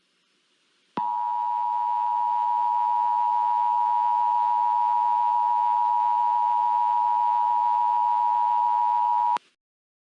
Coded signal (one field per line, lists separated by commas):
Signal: Emergency Alert System (SAME) tones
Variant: 853 and 960 Hz attention tone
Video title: EAS SCENARIO #5 - The Great Florida Tsunami